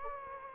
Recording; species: mosquito wingbeat signal from an infrared sensor; Anopheles gambiae